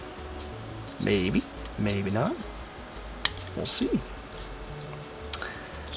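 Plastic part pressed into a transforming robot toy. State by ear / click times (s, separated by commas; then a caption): seated / 5.3 s. A plastic part is pressed into a transforming robot toy after some fiddling, with faint handling ticks, including a sharp one at 3.2 s, while someone talks. At 5.3 s the part snaps right in with a crisp click, and it is seated.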